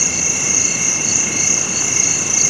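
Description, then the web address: Insects in a steady night chorus: continuous high shrill buzzing bands with soft pulsed notes repeating rapidly, no other sounds clear. Insects in a hot bush at night. "Zero-G Ambient 1 HOT INSECTS"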